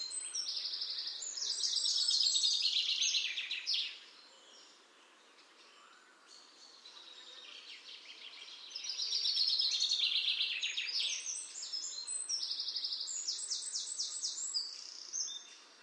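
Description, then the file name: Common chaffinch song with rattling trilled phrases that fall in pitch and end in a flourish, given in two bursts with a quieter gap between, over a constant hiss. "Fringilla coelebs"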